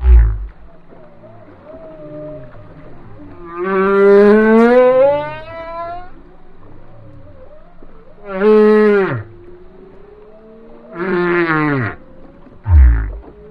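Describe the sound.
Whale song: a long rising moan rich in harmonics, then two shorter falling swoops, with brief low grunts at the start and end and a faint steady low hum throughout.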